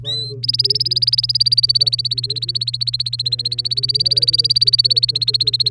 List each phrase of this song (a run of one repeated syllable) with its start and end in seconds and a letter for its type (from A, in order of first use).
0.05-0.33 A, 0.43-5.71 B